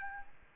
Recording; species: mosquito wingbeat signal from an infrared sensor; Aedes albopictus